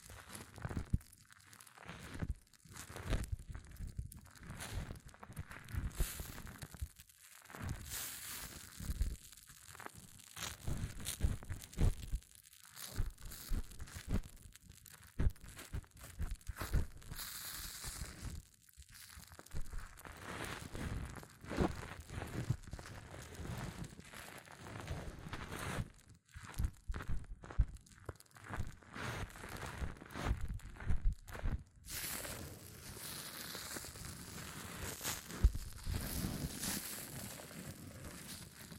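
Hair mousse fizzes and crackles in dense, irregular bursts of crisp, bright popping, with brief quiet gaps scattered throughout. The texture shifts between crinkly rustling and sharper crunches. Past about 32 seconds it settles into a steadier, brighter hiss.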